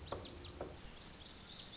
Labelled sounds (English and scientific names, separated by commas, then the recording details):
Lazuli Bunting (Passerina amoena)
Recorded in Sonoma County, California